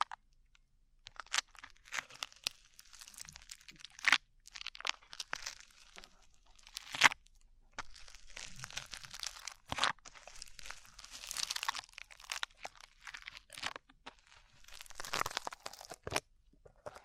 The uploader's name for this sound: ASMR SLIME